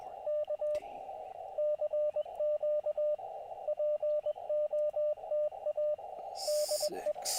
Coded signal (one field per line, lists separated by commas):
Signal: Morse code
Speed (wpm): 20 wpm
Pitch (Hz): 600 Hz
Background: radio noise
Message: K CQ POTA DE